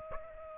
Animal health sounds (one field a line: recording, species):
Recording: mosquito wingbeat signal from an infrared sensor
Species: Aedes aegypti